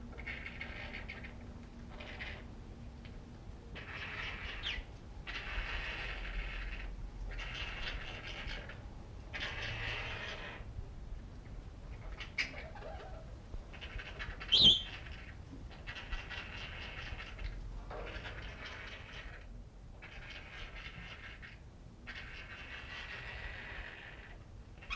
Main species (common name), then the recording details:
Senegal Parrot. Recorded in captivity. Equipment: Halbspur, 9,5 cm/s. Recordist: Lütgens, Hans